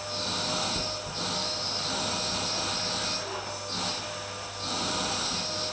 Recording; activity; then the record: daily activity, microphone in the room; vacuum cleaning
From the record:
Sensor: 2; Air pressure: 1009.5 hPa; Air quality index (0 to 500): 187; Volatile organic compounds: 12 ppm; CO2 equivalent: 2325 ppm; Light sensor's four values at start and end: 24/59/25/27 and 24/59/25/28